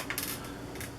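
A blade insert is slid along its track into the end of a plastic Brieftons adjustable mandoline slicer body and pushed in all the way. It snaps into place with a sharp click at 0.1 s, showing it is locked in, followed by a few lighter clicks and rattles.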